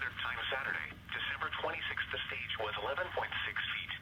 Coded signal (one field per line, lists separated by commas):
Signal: Emergency Alert System (SAME) tones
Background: speech